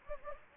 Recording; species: mosquito wingbeat signal from an infrared sensor; Anopheles gambiae